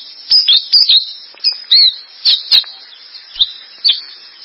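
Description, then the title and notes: Greater green leafbird song: scattered high, thin chirps and short squeaky whistles, given in small bursts with pauses between them. Described as a champion songbird. "Kicau Burung Cucak Ijo Juara. Suara kicauan burung cucak ijo"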